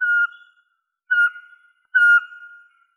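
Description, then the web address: Eurasian pygmy owl giving three short, clear whistled notes at one steady pitch, each about a second apart, with nothing else heard. "Glaucidium passerinum"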